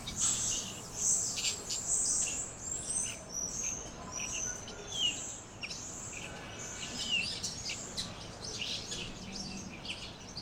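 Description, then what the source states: Birds chirp and twitter with high, brief notes and occasional sliding whistles, overlapping irregularly over a faint low background. Birds chirping on a tree.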